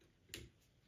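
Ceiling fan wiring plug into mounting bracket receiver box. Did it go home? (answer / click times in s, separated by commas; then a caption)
yes / 0.3 s. A ceiling fan's wiring plug, lined up by its letters and colors, is slid into the receiver box on the mounting bracket and latches with a sharp click at 0.3 s. A faint tick follows at 0.9 s. The plug is seated and clicked in.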